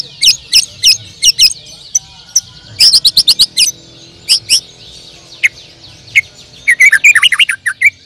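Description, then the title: Bird song of sharp high chips in spaced groups, a quick trill, then a run of looping twittered notes. "Kicau Burung"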